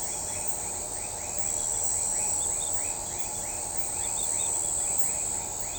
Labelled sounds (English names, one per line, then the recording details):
none
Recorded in shrubland near Pivijay, Magdalena, Colombia, on 18 April 2023 at 01:30
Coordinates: 10.453, -74.365
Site P5-G022